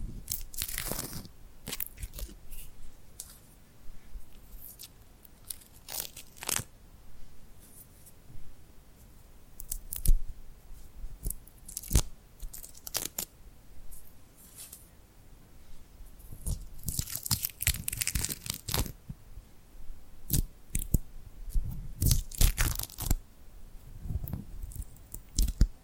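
Sticky glued hands peel and tap in irregular bursts of crisp crackling and tearing, busiest around 17–19 and 22–24 seconds, with soft quiet gaps.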